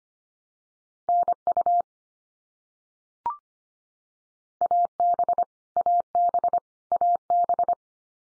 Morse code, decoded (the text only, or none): NU AB AB AB